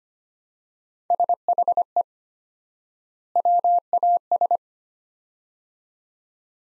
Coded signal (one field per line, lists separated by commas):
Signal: Morse code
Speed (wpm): 25 wpm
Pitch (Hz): 700 Hz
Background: none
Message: SHE WAS